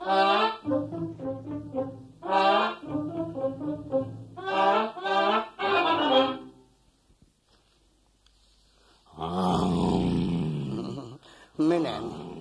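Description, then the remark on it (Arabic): A deep, broad roar from a circus lion swells for a few seconds after a stretch of talking, then fades out, with a brief burst of sound right after. “هذا أسد في سيرك، والسيرك يبحث عن مدرب أسود.”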